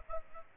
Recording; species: mosquito wingbeat signal from an infrared sensor; Aedes aegypti